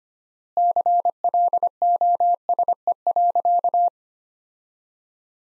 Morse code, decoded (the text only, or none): CLOSE.